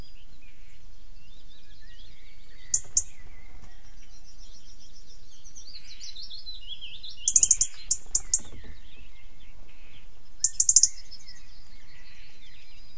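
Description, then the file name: European robin calls: three bursts of high, fast, clicking notes spaced a few seconds apart, with a short, thin twitter between them. "Erithacus rubecula"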